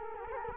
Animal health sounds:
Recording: mosquito wingbeat signal from an infrared sensor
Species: Culex quinquefasciatus

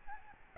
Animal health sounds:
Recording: mosquito wingbeat signal from an infrared sensor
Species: Aedes albopictus

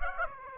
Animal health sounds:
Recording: mosquito wingbeat signal from an infrared sensor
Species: Aedes aegypti

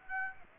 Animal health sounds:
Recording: mosquito wingbeat signal from an infrared sensor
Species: Aedes aegypti

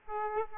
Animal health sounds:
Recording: mosquito wingbeat signal from an infrared sensor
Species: Aedes aegypti

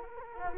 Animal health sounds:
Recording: mosquito wingbeat signal from an infrared sensor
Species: Culex quinquefasciatus

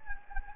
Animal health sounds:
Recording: mosquito wingbeat signal from an infrared sensor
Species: Anopheles gambiae

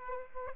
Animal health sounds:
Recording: mosquito wingbeat signal from an infrared sensor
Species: Aedes aegypti

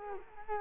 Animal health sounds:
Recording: mosquito wingbeat signal from an infrared sensor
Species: Culex quinquefasciatus

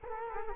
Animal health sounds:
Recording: mosquito wingbeat signal from an infrared sensor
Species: Culex quinquefasciatus

